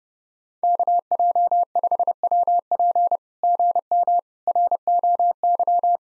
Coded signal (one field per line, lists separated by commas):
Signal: Morse code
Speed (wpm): 30 wpm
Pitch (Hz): 700 Hz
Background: none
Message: KJ5WP GM ROY